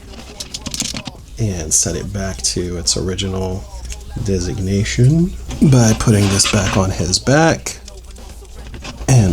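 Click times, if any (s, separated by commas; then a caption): none. Someone talks while refitting a detached plastic back piece onto the back of a transforming robot toy figure, with a few brief handling taps near the start and a louder one near the end. The piece does not snap in and only slips in and rests there; nothing has seated or clicked.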